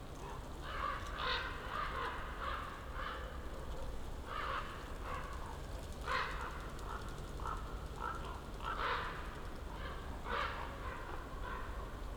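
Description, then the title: Common raven calls, a run of rough, throaty croaks coming every second or so against a low background hum. Ravens circling for over ten minutes over a mountain slope, recorded among young beeches, Patnik, Goworów, Poland, New Year's walk; Zoom F4, AT BP4025. "Patnik mountain side, Goworów, Poland - Circling ravens"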